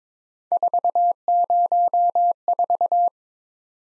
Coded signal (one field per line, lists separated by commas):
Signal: Morse code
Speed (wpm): 22 wpm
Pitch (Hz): 700 Hz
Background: none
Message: 404